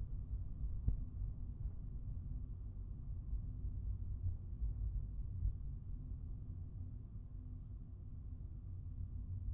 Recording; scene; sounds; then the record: everyday scene through a hearing-aid microphone; in a vehicle; engine, traffic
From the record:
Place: Skoda Fabia, gasoline engine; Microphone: behind the ear, right, front